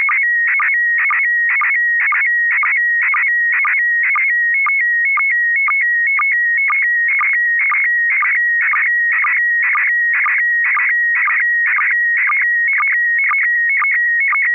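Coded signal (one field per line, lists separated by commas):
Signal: SSTV (slow-scan television)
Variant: PD 120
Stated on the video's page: Weekly SSTV net on an FM repeater at 441.30 MHz in Sacramento, California, using MMSSTV software.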